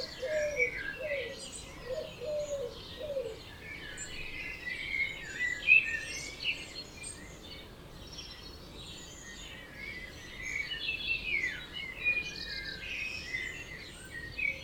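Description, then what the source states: Birds in a dawn chorus, many overlapping high chirps and whistled phrases, with a lower warbling bird near the start over a steady hiss. Dawn chorus recorded at 4am in Oberhofen, Inntal valley, Austria; binaural recording.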